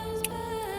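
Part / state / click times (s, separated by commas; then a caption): wiring harness connector into car footwell control module / seated / 0.2 s. On a BMW F30 during a paddle shifter retrofit, a wiring harness plug is slid and pressed back into the front footwell control module socket after checking the pre-wiring. A single sharp click at 0.3 s stands out over steady background music, and the connector is seated.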